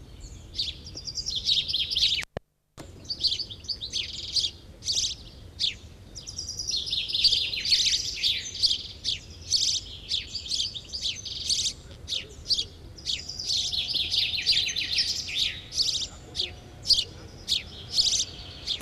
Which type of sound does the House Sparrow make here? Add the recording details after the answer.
song. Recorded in the wild. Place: Montreux, Kanton Waadt, CH. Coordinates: 46.4311, 6.93861. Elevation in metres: 1053. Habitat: mountains. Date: 1986-05-20. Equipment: Uher 4000 Report, Sennheiser MKH 815 T. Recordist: Tretzel, Erwin